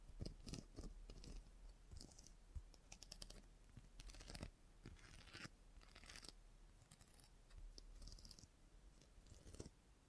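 Scissors snip and rustle through hair in quick, uneven bursts, with crisp bright clicks and brushing scratches recurring every second or so. Soft thumps and low handling noises come and go underneath, and the activity stays busy for the whole ten seconds.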